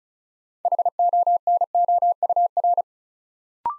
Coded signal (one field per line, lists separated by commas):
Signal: Morse code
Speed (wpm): 34 wpm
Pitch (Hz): 700 Hz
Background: none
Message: HONOUR